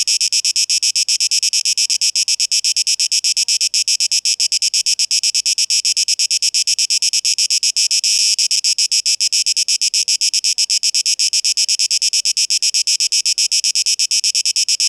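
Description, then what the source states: Cicada song: a sustained, harsh high buzz broken into quick regular pulses throughout. 12 August 2023.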